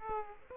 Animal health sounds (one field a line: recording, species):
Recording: mosquito wingbeat signal from an infrared sensor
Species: Aedes aegypti